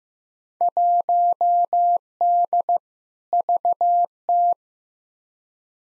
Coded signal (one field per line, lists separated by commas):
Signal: Morse code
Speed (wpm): 15 wpm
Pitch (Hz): 700 Hz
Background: none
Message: 1D VT